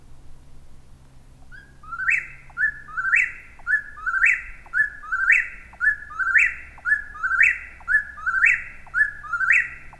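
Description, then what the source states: Eastern whip-poor-will singing its whistled three-part phrase, repeated about once a second after a quiet start. Recorded 13 July 2020.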